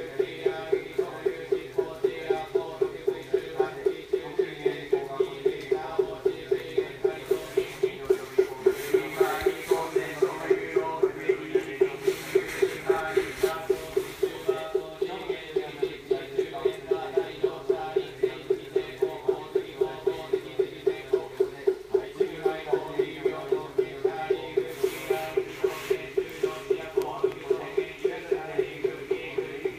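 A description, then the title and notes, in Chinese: Afternoon sutra chanting in a temple hall: a steady, low-pitched unison drone of voices carried by a fast, even wooden beat throughout. The rhythm never breaks, and brief brighter rustling swells rise around the middle and near the end. 京都大原三千院往生極樂院在下午的誦經聲。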